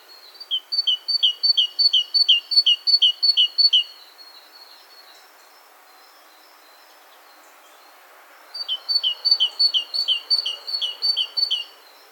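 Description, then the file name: Great tit song: bright two-note phrases, high then lower, repeated rapidly for about three seconds, a pause of several seconds, then another similar run. "Parus major"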